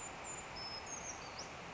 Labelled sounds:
Brown Creeper (Certhia americana)
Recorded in Sonoma County, California

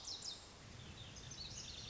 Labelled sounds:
Lazuli Bunting (Passerina amoena)
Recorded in Sonoma County, California

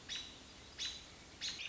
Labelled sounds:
American Robin (Turdus migratorius)
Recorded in Sonoma County, California

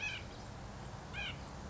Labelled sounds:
White-breasted Nuthatch (Sitta carolinensis)
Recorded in Sonoma County, California

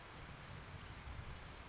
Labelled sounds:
Blue-gray Gnatcatcher (Polioptila caerulea)
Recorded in Sonoma County, California

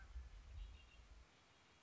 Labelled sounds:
Red-winged Blackbird (Agelaius phoeniceus)
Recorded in Sonoma County, California

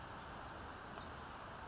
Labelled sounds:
Brown Creeper (Certhia americana)
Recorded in Sonoma County, California

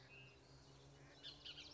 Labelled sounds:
Bullock's Oriole (Icterus bullockii)
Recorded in Sonoma County, California

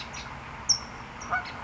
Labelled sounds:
California Towhee (Melozone crissalis)
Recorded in Sonoma County, California

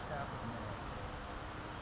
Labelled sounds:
California Towhee (Melozone crissalis)
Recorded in Sonoma County, California

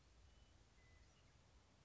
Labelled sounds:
Western Meadowlark (Sturnella neglecta)
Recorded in Sonoma County, California

